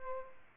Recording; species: mosquito wingbeat signal from an infrared sensor; Aedes albopictus